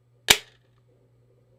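A spring-loaded continuous glucose monitor applicator is pressed against an arm and its button is pushed, firing with one loud, sharp pop at 0.3 s that quickly decays over a low steady hum. The glucose sensor is applied and seated on the arm.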